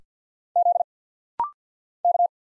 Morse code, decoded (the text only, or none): Z K